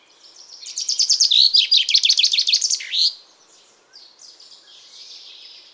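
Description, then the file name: Common chaffinch song: a loud series of sweet notes ending in a quick flourish that drops in pitch, followed by a fainter, rougher phrase. "Fringilla coelebs"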